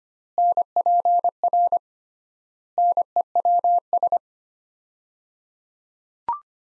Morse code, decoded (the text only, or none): NPR NEWS